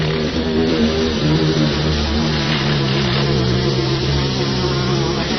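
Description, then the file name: Bee buzzing, a deep, dense hum with shifting low tones throughout. Recorded 18 July 2004. "18 07 04 bee"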